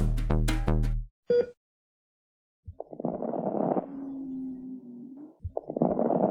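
After a brief musical jingle, a breath is heard through a stethoscope on an adult chest. Crackling pops come on inspiration, and a long, louder expiration carries a low groaning tone. These are crackles and rhonchi with prolonged expiration, pointing to airway obstruction such as asthma or chronic bronchitis.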